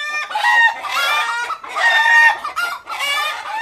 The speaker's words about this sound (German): In den steilen Gässchen gackern freilaufende Hühner.